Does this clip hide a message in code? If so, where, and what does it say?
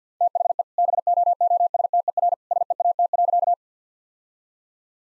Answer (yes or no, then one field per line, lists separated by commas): yes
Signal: Morse code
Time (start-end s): 0.2-3.5 s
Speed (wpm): 50 wpm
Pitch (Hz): 700 Hz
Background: none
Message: THE BOOSTER SEAT.